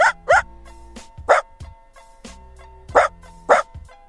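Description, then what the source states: Dachshund barking: several quick high yaps, some in close pairs, with faint steady tones underneath. Replayed again on radio in a quiz asking whether it was AI or a real dog; later revealed to be a real Dachshund.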